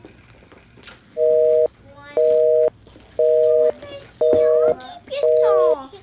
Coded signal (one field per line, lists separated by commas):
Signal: telephone call progress tone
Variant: North America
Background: speech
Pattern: busy tone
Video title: 7 year old and 4 year old trying to figure out a rotary phone.